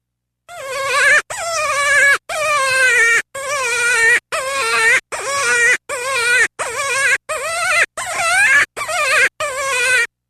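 Cottontail rabbit giving a run of about twelve drawn-out, harmonic squeals, each starting higher then wavering down, repeated roughly every second with short silent gaps.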